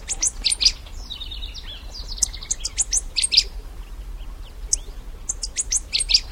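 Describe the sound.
Great pampa finch song: very high, sharp notes repeated in quick irregular runs, mixed with short buzzy trills, over a low steady rumble.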